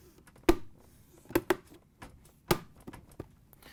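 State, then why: Seated. The plastic front trim of a GE refrigerator dispenser, reinstalled during a WR55X129 dispenser control board job, is lined up with six holes in the dispenser housing and pushed in by hand. Sharp, loud plastic snaps ring out at 0.5, 1.5 and 2.5 seconds, with a smaller snap at 1.4 seconds and quieter ticks and taps in between. The trim clips snap home and the trim is seated in place.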